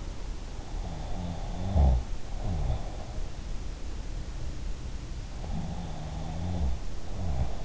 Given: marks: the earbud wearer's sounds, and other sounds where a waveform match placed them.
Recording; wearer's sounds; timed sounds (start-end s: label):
sounds in sleep by an in-ear microphone; snoring breath
0.89-3.00 s: snoring breath
5.47-7.65 s: snoring breath